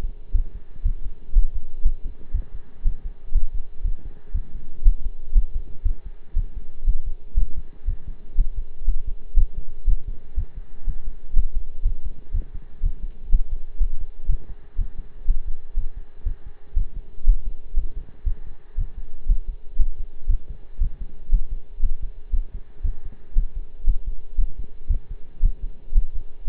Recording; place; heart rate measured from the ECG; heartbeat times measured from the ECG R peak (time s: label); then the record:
heart sounds by stethoscope; between the tricuspid and mitral areas; 119 bpm
0.34 s: heartbeat
0.85 s: heartbeat
1.35 s: heartbeat
1.85 s: heartbeat
2.34 s: heartbeat
2.85 s: heartbeat
3.34 s: heartbeat
3.84 s: heartbeat
4.34 s: heartbeat
4.85 s: heartbeat
5.35 s: heartbeat
5.85 s: heartbeat
6.36 s: heartbeat
6.86 s: heartbeat
7.37 s: heartbeat
7.87 s: heartbeat
8.37 s: heartbeat
8.87 s: heartbeat
9.37 s: heartbeat
9.87 s: heartbeat
10.36 s: heartbeat
10.86 s: heartbeat
11.36 s: heartbeat
11.85 s: heartbeat
12.33 s: heartbeat
12.83 s: heartbeat
13.31 s: heartbeat
13.80 s: heartbeat
14.28 s: heartbeat
14.78 s: heartbeat
15.27 s: heartbeat
15.76 s: heartbeat
16.25 s: heartbeat
16.76 s: heartbeat
17.26 s: heartbeat
17.76 s: heartbeat
18.25 s: heartbeat
18.77 s: heartbeat
19.28 s: heartbeat
19.79 s: heartbeat
20.29 s: heartbeat
20.81 s: heartbeat
21.31 s: heartbeat
21.82 s: heartbeat
22.33 s: heartbeat
22.84 s: heartbeat
23.35 s: heartbeat
23.86 s: heartbeat
24.38 s: heartbeat
24.89 s: heartbeat
25.42 s: heartbeat
25.94 s: heartbeat
26.47 s: heartbeat
From the record:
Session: pedaling a stationary bicycle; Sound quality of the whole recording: partially saturated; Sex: male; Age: 23 years